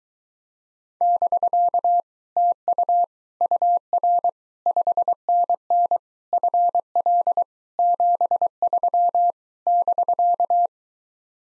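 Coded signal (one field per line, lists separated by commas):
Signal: Morse code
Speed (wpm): 23 wpm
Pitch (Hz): 700 Hz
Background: none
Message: <BK> TU UR 5NN FL 73 <BK>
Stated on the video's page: Morse code speed-racing drill of common QSO phrases, starting fast and slowing to a 15 wpm base speed.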